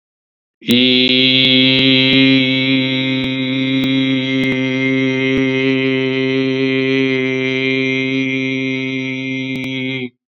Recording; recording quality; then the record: sustained vowel as in beet; excellent, no background noise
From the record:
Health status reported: healthy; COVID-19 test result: not tested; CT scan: not taken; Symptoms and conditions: cough, sore throat, hypertension, diabetes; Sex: male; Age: 59 years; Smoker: no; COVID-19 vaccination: both doses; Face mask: not worn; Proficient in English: yes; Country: India